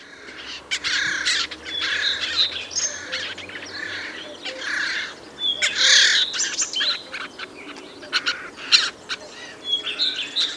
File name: Garrulus glandarius